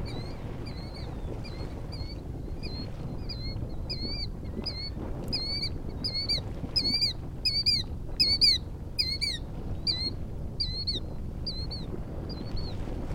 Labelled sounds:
Killdeer
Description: A killdeer (Charadrius vociferus) chorus near Anemone Geyser on Geyser Hill in the Upper Geyser Basin

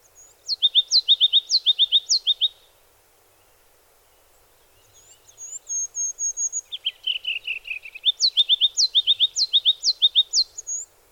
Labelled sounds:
Ruby-crowned Kinglet song
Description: Ruby-crowned Kinglet song recorded on the Cow Creek Trail in Rocky Mountain National Park
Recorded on 22 June 2015

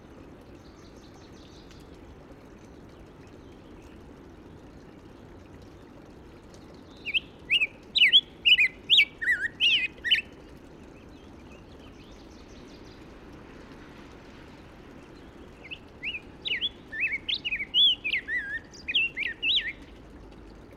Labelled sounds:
Black-headed Grosbeak song
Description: Black-headed Grosbeak song recorded in the Alluvial Fan area of Rocky Mountain National Park
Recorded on 31 May 2017

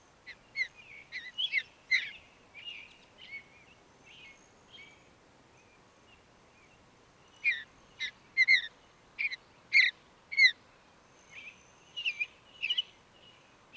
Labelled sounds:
Mountain Bluebird song
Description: Mountain Bluebird song recorded in Moraine Park in Rocky Mountain National Park
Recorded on 29 May 2017

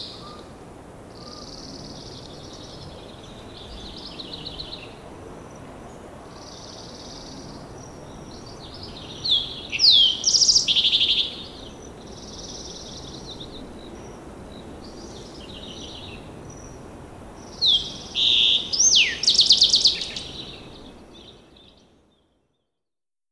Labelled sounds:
Green-tailed Towhee song
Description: Green-tailed Towhee song recorded at the Alluvial Fan in Rocky Mountain National Park
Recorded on 19 May 2016

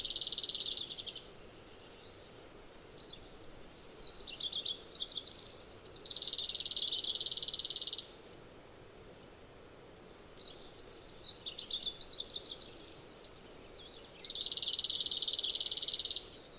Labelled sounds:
Chipping Sparrow song
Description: Chipping Sparrow song recorded on the Cow Creek Trail in Rocky Mountain National Park
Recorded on 15 June 2015

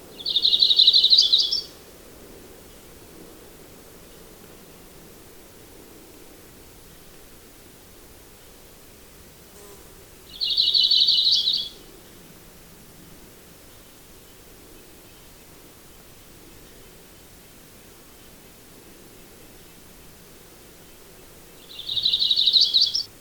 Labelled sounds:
Yellow-rumped Warbler song
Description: Audubon's Warbler song recorded on the Gem Lake Trail in Rocky Mountain National Park
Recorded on 22 June 2015

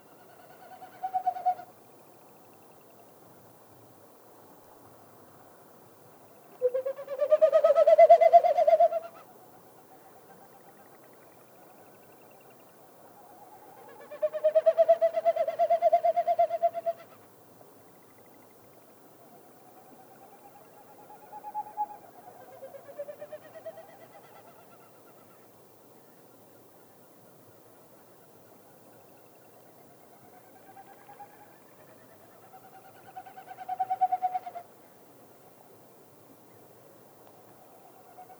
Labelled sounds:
Wilson's Snipe
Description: It's spring in Yellowstone

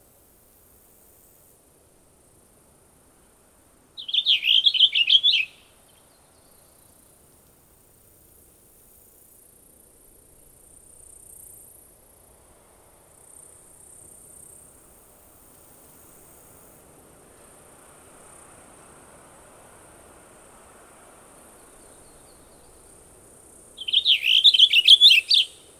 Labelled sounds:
Cassin's Finch song
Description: Cassin's Finch song recorded in Moraine Park in Rocky Mountain National Park
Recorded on 29 June 2015

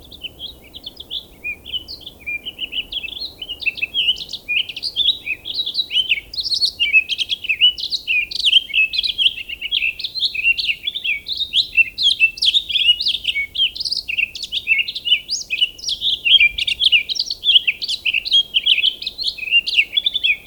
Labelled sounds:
Townsend's Solitaire song
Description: Townsend's Solitaire song recorded in Hollowell Park in Rocky Mountain National Park
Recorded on 19 May 2016

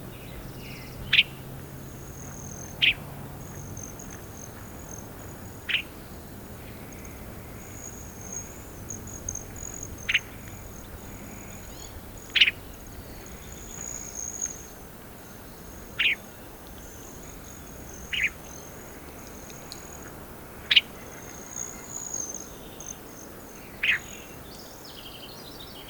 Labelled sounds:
Mountain Bluebird song
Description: Mountain Bluebird song recorded at Twin Owls in Rocky Mountain National Park
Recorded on 25 May 2016

